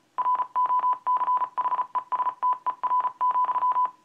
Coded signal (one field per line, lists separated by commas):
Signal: Morse code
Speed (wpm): 33 wpm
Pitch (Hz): 1000 Hz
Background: none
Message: ROCHESTER,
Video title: Using Adafruit's Mic Amp to copy CW on Arduino